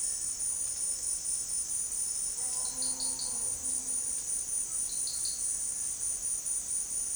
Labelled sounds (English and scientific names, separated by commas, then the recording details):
none
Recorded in dense forest near Puerto Asís, Putumayo, Colombia, on 20 February 2024 at 18:00
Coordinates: 0.481, -76.318
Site G6421